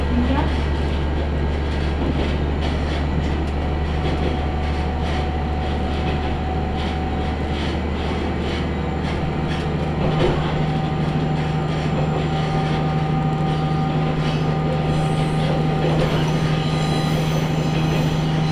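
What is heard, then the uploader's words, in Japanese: A ride aboard a Tenryū Hamanako Railway train between Kanasashi and Tenryū-Futamata. A steady low engine drone and rumble fill the whole clip, with a constant tone running through it and faint clatter and rattles scattered on top. A voice may briefly speak. 宝くじ号で移動 天竜浜名湖鉄道 金指→天竜二俣。念願の宝くじ号（現在は新・スローライフトレイン号）に乗車できました。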